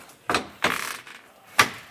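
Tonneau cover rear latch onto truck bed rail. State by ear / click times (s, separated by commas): seated / 1.6 s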